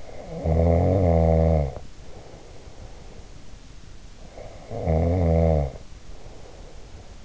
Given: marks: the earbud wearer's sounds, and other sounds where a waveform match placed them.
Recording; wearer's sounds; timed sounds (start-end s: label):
sounds in sleep by an in-ear microphone; snoring breath
0.00-3.34 s: snoring breath
4.20-7.14 s: snoring breath